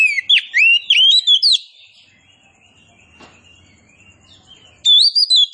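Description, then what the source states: Oriental magpie-robin song: loud, varied whistled phrases that sweep up and down, a burst of about a second and a half, a quiet pause, then singing resumes. Indonesian name kacer poci; described as gacor, singing vigorously.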